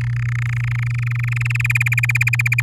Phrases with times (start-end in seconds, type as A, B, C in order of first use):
0.01-1.62 A, 1.64-2.61 B